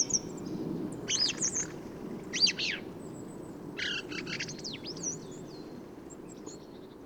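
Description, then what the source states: Song thrush song: scattered varied phrases mixing high whistles and scratchy notes, with pauses between them over a low background rumble. Autumn improvised song, 15 November 2020, Forêt de Valdrôme; thrushes staying in the forest until snowfall thanks to exceptional whitebeam and rowan fruiting; recorded with Nagra Seven and Telinga Pro7 parabola.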